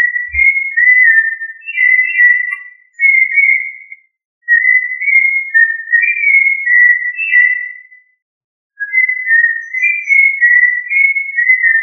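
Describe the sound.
Thrush singing a string of whistled, melodious phrases, delivered in three bouts broken by short silences.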